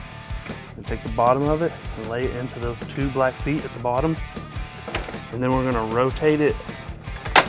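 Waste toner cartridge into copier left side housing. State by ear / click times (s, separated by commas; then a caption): seated / 7.3 s, 7.4 s. Someone talks while the plastic waste toner cartridge of a Xerox VersaLink C7020/C7025/C7030 copier has its bottom laid into two black feet and is rotated up into the left side housing. Two sharp clicks at 7.3 s and 7.4 s, likely its two latches, mark the cartridge seating in place.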